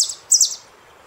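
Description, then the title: Saffron finch: a bright high chirp, then a louder, longer one sliding down. "Jilguero Argentino"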